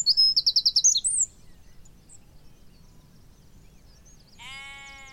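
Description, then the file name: Eurasian wren, a loud high trill of evenly spaced notes lasting about a second, then quiet. A harmonic call enters near the end. "Troglodytes troglodytes 191018"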